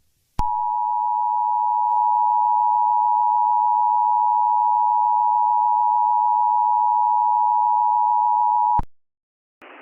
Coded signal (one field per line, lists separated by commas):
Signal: Emergency Alert System (SAME) tones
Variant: 853 and 960 Hz attention tone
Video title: Friday the 13th: The EAS Scenario (#90)